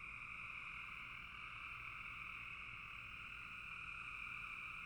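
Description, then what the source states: Frog chorus, many overlapping callers forming an unbroken buzzing drone throughout. Several frogs calling in a bog.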